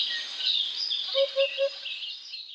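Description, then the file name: Eurasian hoopoe giving three low, hollow hoots in quick, even succession over a steady high hiss. "dudek"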